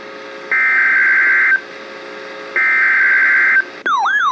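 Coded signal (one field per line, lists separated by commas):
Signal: Emergency Alert System (SAME) tones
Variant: header bursts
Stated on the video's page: Tornado Warning received from NOAA Weather Radio station.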